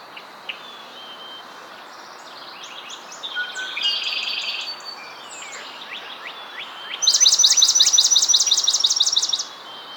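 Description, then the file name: Swamp Sparrow trill: a fast run of identical high notes repeated for about two and a half seconds, after softer varied chirps and whistles. "Melospiza georgiana - Swamp Sparrow"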